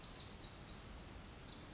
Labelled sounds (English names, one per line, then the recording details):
Pacific Wren
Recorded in Sonoma County, California